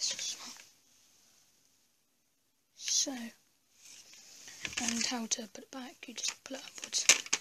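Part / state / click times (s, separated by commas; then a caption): folding stock into BB gun body / not seated / none. Someone talks while handling the plastic folding stock of a Bison 301 BB gun, pulling it upwards to bring it back into position against the gun body, with a quiet pause between about 0.8 and 2.8 s. The clip ends before the stock locks, so nothing has seated or clicked yet.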